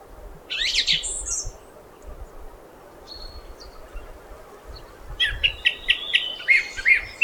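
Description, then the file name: Song thrush song: a brief high phrase early, a quiet gap, then a rapid burst of repeated sharp notes toward the end. "Golosa ptic i zverei - Pevchii drozd"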